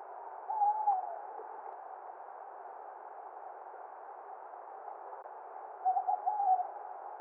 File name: Tawnyowl